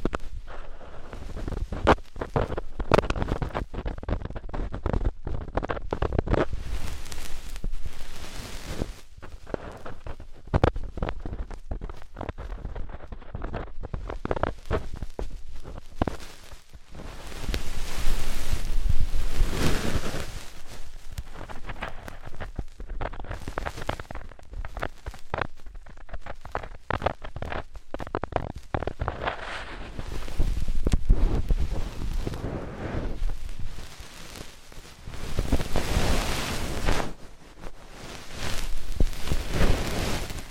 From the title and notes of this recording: ASMR INTENSE Deep Ear Cleaning (No Talking).